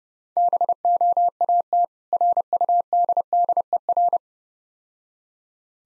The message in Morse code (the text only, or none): BOAT RUDDER